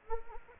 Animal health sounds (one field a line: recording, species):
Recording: mosquito wingbeat signal from an infrared sensor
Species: Anopheles arabiensis